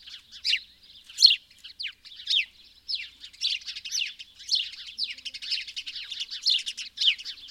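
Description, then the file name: House sparrow giving a string of loud, sharp chirps at uneven intervals, coming more densely in the second half. "Passer domesticus"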